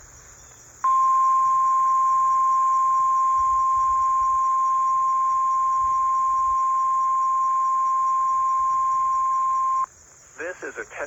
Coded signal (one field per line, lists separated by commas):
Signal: Emergency Alert System (SAME) tones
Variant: 1050 Hz attention tone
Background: speech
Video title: EAS #154 WWG49 Required Weekly Test 8/21/24